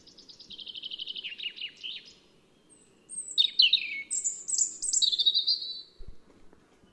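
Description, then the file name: European robin song in two phrases: a fast descending trill of tinkling notes, then after a pause a run of thin high whistles and liquid twitters. "Erithacus rubecula"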